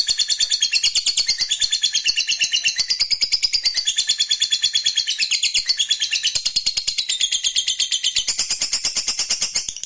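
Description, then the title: Lovebird sustaining a rapid, shrill, pulsing trill throughout, unbroken for nearly ten seconds. Fighter lovebird giving a long ngekek trill. "Begitu Dengar Suara Lovebird FIGHTER NGEKEK PANJANG"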